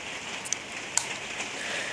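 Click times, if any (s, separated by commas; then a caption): 0.5 s, 1.0 s. The small plastic drawer-style cover over the two SD card slots on the underside of a JVC GZ-HM455 camcorder is worked and clicks shut. Two sharp clicks land at 0.5 s and 1.0 s over a steady hiss. The cover latches closed with a satisfying click.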